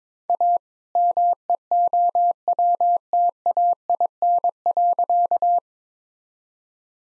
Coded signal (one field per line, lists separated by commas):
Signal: Morse code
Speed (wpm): 21 wpm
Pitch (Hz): 700 Hz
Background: none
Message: A MEOWTAIN.